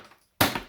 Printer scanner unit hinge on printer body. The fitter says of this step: Open the top and middle part until it clicks.